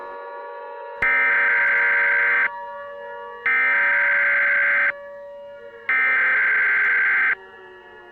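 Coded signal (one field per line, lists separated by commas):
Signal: Emergency Alert System (SAME) tones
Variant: header bursts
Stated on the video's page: Fictional EAS scenario.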